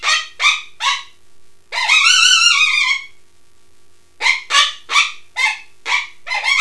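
Coyote vocalizing: a few short yips, one long wavering howl falling at the end, then a quick string of sharp yips.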